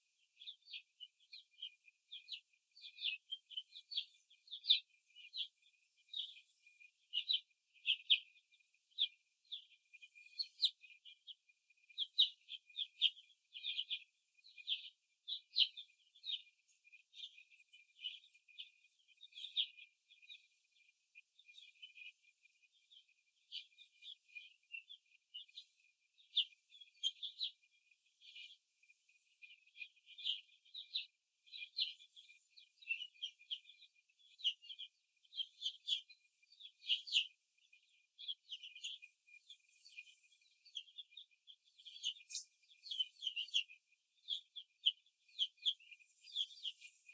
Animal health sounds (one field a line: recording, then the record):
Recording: young laying hens in a cage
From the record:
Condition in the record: after the stressor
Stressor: simulated dog barking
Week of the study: 2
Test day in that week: 2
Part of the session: 3